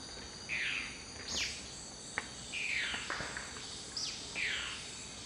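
Dusky-throated antshrike calls: several short, harsh downslurred notes spaced irregularly, over a steady high insect hum.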